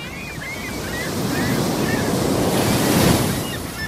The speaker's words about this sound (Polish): Wyjątkowo obfitujący w fale i wiatr Bałtyk